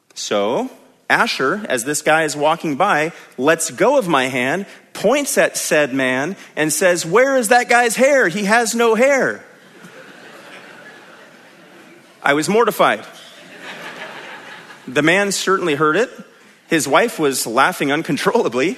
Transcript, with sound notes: So, Asher, as this guy is walking by, let’s go of my hand, points at said man, and says “Where is that guy’s hair? He has no hair!” (audience laughing) I was mortified. The man certainly heard it. His wife was laughing uncontrollably.